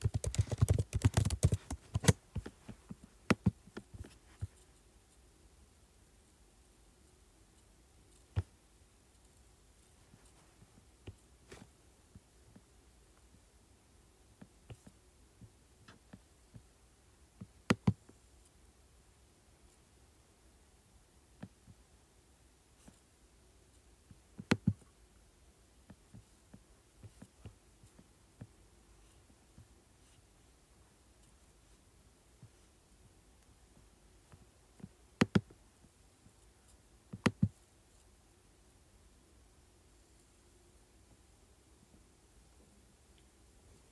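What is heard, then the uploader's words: Keyboard and mouse sounds: a brief burst of quick typing in the first two seconds, then mostly quiet with scattered sharp clicks. Louder single clicks land around 18, 25, 35 and 37 seconds, with faint soft ticking between them over a low, steady hush. Clicking, Scrolling, and Typing on Keyboard.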